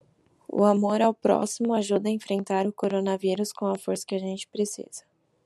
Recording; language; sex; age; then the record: spoken sentence; Brazilian Portuguese; female; 20 to 29 years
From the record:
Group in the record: control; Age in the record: 21 years